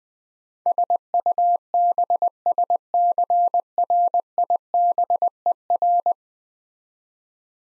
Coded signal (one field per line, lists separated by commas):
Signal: Morse code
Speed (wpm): 20 wpm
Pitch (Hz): 700 Hz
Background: none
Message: SUBSCRIBER